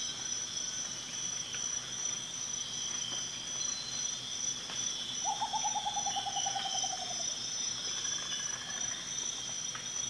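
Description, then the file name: Rufous potoo song, a fast string of mellow hoots sliding gradually lower over about two seconds, set against loud, even insect trilling. "Canto do urutau ferrugem"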